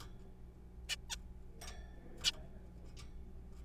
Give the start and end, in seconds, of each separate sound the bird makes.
0.89-0.96, 1.10-1.16, 2.24-2.32